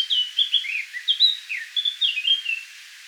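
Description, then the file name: Eurasian blackcap song, a quick series of clear whistled slurs and chirps, some dipping and rising, lasting almost the whole three seconds. "Sylvia atricapilla"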